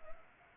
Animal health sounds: mosquito wingbeat signal from an infrared sensor; Anopheles arabiensis

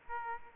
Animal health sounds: mosquito wingbeat signal from an infrared sensor; Aedes aegypti

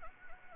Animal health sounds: mosquito wingbeat signal from an infrared sensor; Anopheles gambiae

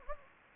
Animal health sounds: mosquito wingbeat signal from an infrared sensor; Anopheles gambiae

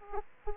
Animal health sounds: mosquito wingbeat signal from an infrared sensor; Aedes aegypti

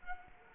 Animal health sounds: mosquito wingbeat signal from an infrared sensor; Culex quinquefasciatus

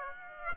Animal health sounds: mosquito wingbeat signal from an infrared sensor; Aedes aegypti

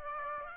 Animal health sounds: mosquito wingbeat signal from an infrared sensor; Aedes aegypti

